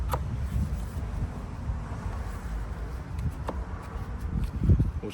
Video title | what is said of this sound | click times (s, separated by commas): 2012-2018 Ford Focus Hatchback Headlight Assembly Replacement | let's go ahead and get that snapped back in and where it needs to be. | 0.1 s, 3.5 s